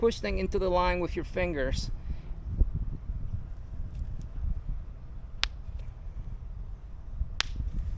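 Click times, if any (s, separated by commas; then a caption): 5.4 s, 7.4 s. A pointed plastic drip coupling is pushed by hand into the wall of a 1/2 inch poly irrigation main line. Someone talks at the start, then two sharp click-like pops sound at 5.4 s and 7.4 s as the coupling pops in and seats.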